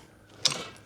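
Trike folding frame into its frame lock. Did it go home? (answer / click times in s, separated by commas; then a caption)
yes / 0.5 s. The folded frame of an ESKUTE T300 electric trike is swung back out until its metal frame latch locks. After a quiet lead-in, a sharp click sounds at 0.5 s, followed by a short rattling tail. The frame is seated and locked.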